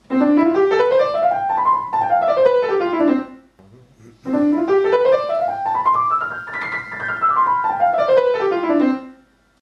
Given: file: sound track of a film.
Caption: Pianist with focal dystonia in right hand during first examination. Rating of Irregularity: 7.6, rating of Impairment: 8.25.